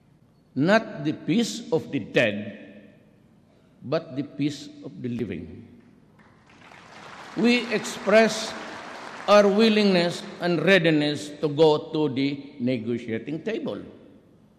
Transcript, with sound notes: not the peace of the dead, but the peace of the living. [applause] We express our willingness and readiness to go to the negotiating table,